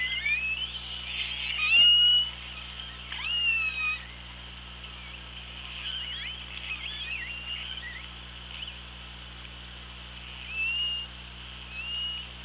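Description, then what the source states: Killer whale calls, several tonal, harmonic cries with rising and falling sweeps scattered through the stretch, one loud sharp-edged call near the start, steady low underwater hum beneath. Recorded on an OrcaLab hydrophone, 24 August 2017 at 07:46.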